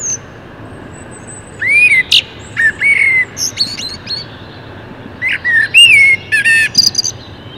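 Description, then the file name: Common blackbird song with liquid, rising and falling flute-like whistles interspersed with high, thin squeaky flourishes, phrases repeated after short gaps. "Turdus merula"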